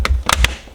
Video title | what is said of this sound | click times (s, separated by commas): BMW G30 : LCI Facelift Kit + Headlights (Plug & Play) | So you hear that audible click. | 0.1 s, 0.3 s, 0.5 s